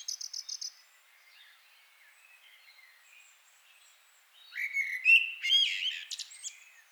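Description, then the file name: Common blackbird song: a quick run of high repeated notes, a quiet gap, then a rich warbled phrase with squeaky flourishes. "Turdus merula"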